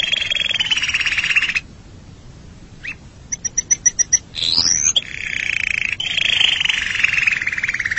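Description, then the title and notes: Canary song: a buzzy rolling trill, a short pause, then about seven sharp repeated notes, a rising whistle and more long rolling trills. "BM Suara Burung Kenari"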